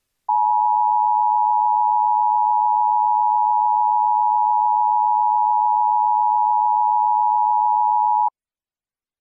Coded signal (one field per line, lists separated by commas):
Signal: Emergency Alert System (SAME) tones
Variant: 853 and 960 Hz attention tone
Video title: KC Presents - EAS Scenario #6: Lost in Silence - A Non-Nuclear Situation